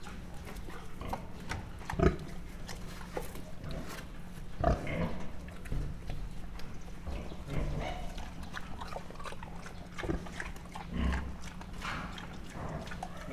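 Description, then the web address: Mangalica pig giving scattered low grunts, a few louder ones standing out near two, four-and-a-half and eleven seconds, over a constant low hum and rustling. Mangalica pig, standard type, at a zoo in Miskolc, 2009, grunting, recorded close-up. "allathangok 2009 standardt mangalica rofogeskozelrol"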